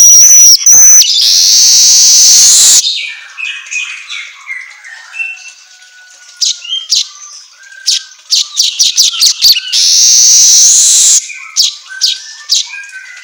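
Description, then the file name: Asian golden weaver song: loud wheezy hissing bursts alternating with sputtering clicks, short chattering notes and a few thin tonal whistles. Song recording intended for training songbirds, labelled 'auto gacor'. "Suara Kicau Manyar Kepala Emas Auto Gacor"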